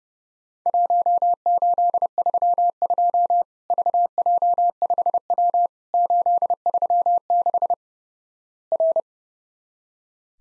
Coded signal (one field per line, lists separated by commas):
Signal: Morse code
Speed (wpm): 30 wpm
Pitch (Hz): 700 Hz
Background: none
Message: 1832 VJ5W 836 R